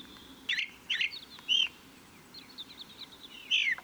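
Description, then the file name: Ring ouzel with three quick harsh notes in a row, a pause with faint thin notes, then one more loud note near the end. Recorded on the Wank near Garmisch on 26 April 2014. "Ringdrossel. Wank. Michle Pron"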